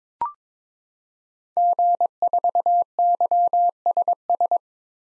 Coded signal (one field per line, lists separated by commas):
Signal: Morse code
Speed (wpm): 22 wpm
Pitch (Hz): 700 Hz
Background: none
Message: G4YSS